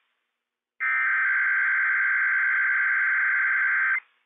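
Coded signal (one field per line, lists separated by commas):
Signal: Emergency Alert System (SAME) tones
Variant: header bursts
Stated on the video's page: Required Monthly Test from Spokane County Dispatch on weather radio station for the Inland Northwest.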